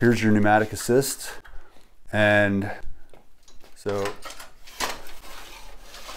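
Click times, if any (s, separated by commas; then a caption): none. A DeWalt rolling miter saw stand is handled as it is lowered from the dolly position with pneumatic assist, its metal leg lock pin not yet engaged in the stand frame. Someone talks over faint handling noises, with two brief soft knocks around 3.1 and 3.5 seconds. The clip ends before the part goes home, so nothing has seated or clicked yet.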